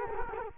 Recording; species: mosquito wingbeat signal from an infrared sensor; Culex quinquefasciatus